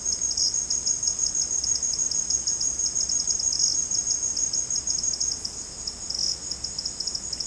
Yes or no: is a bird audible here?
no